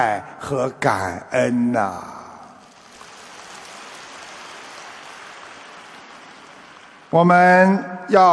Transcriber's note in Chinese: 掌声